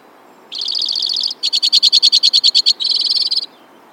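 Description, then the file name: White-winged crossbill song: three trill types in quick succession, a buzzy roll, slower distinct pulses, then a rapid buzzy trill. "suara-kicauan-burung-white-winged-crossbill 3-omkicau"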